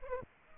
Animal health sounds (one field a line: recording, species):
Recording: mosquito wingbeat signal from an infrared sensor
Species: Aedes aegypti